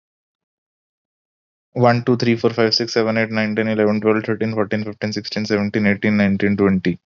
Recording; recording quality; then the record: counting at a fast pace; excellent, no background noise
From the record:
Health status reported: healthy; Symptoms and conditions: none ticked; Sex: male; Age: 27 years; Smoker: not ticked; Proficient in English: yes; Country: India